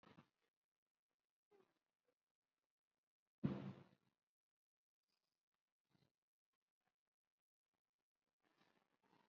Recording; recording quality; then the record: shallow breathing; poor, much background noise or distortion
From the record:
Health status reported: exposed to COVID-19, no respiratory illness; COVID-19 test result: negative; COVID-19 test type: RT-PCR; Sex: female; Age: 23 years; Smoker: no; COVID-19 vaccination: one dose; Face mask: worn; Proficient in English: yes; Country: India